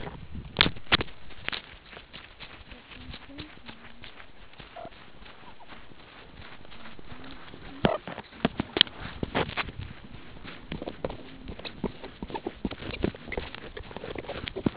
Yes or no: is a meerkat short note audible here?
no